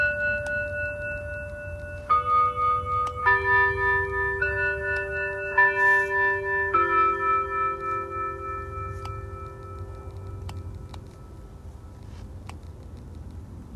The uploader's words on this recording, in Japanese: 人参除草 お昼前。ゆっくり育つ人参を、追い越そうとしてくる草を、ハサミで根元を切っていきます。お昼12時のチャイムがなります。